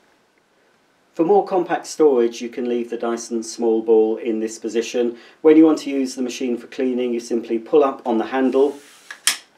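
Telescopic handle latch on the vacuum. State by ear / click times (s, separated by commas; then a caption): seated / 9.3 s. Someone talks while pulling up the telescopic handle of a Dyson Small Ball Multifloor vacuum cleaner. A faint tick at 9.1 s is followed by a sharp plastic click at 9.3 s as the handle latches into its open, extended position.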